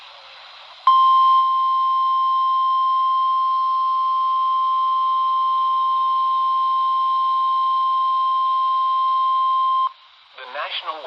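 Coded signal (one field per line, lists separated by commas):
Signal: Emergency Alert System (SAME) tones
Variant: 1050 Hz attention tone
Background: speech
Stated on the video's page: Severe thunderstorm warning from NOAA weather radio transmitter on Mount Jefferson NC, 162.500 MHz, received about 82 miles away on a RadioShack 12-254 weather radio.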